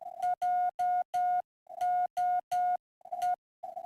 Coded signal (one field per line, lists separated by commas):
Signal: Morse code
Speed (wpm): 13 wpm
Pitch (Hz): 720 Hz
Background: none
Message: JOE